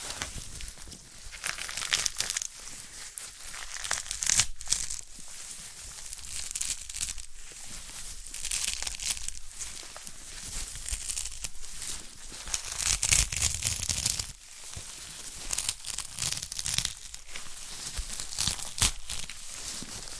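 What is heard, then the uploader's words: Handling of a sprouted coconut gives dense, crackly scraping and tearing sounds, bright and continuous, with sharp snaps around 4.5, 14.5 and 19 seconds. ASMR of a Sprouted Coconut (No Talking).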